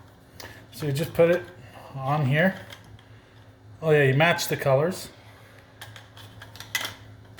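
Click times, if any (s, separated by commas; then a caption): 6.8 s. A plastic switch section of a toy lightsaber hilt is pushed onto the middle hilt section with the colors lined up, while someone talks. Small handling taps follow, then the section snaps home with a sharp click at 6.8 s, and it is seated.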